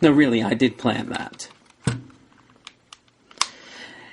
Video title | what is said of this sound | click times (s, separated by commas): Transformers Dark of the Moon Human Alliance Leadfoot with Headmaster Steeljaw Review | And you heard that click? Once you hear that click, that's how you know it's right where it should be. | 3.4 s